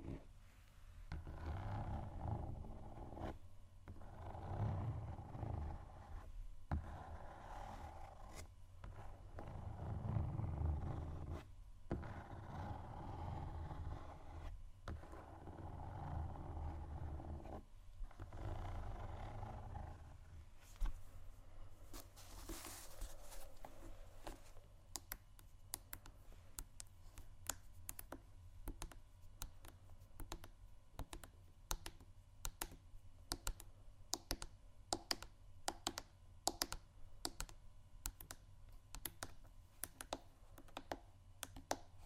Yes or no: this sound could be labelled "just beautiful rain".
no